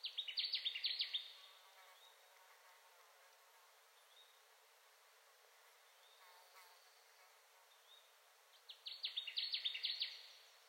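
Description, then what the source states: Connecticut warbler song: a loud burst of rapid, repeated chip-like notes lasting about a second, given twice roughly eight seconds apart, with quiet between. Ten songs, recorded 2021-06-10.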